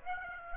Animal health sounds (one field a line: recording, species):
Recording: mosquito wingbeat signal from an infrared sensor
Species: Aedes aegypti